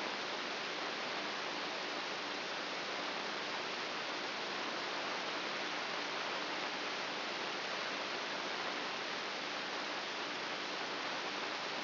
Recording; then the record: brain microelectrode recording played as sound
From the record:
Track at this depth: inside the subthalamic nucleus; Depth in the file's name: 5.64 mm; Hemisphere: right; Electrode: 2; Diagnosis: Parkinson's disease